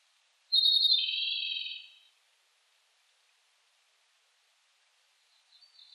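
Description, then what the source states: Japanese robin with a single trilled song phrase, a high opening note then a quick rattle, followed by silence and a faint trill at the end. Recorded 18 July 2004.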